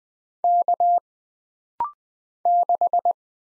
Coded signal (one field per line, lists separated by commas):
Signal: Morse code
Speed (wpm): 20 wpm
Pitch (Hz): 700 Hz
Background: none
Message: K 6